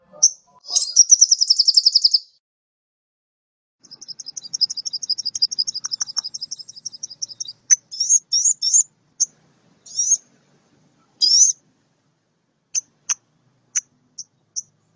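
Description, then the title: Oriental magpie-robin song starting with a dense buzzy trill, then a long series of quick repeated notes, followed by scattered whistles and sharp isolated chips. Lively singing for bird training; described as a champion bird in full song. "Kacer Juara Gacor"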